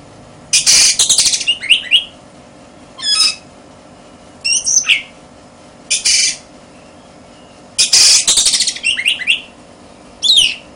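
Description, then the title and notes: Oriental magpie-robin song with loud harsh rasping bursts and short swooping whistled notes, phrases repeated every couple of seconds, faint hum underneath. "suara kacer. kumpulan suara burung kacer"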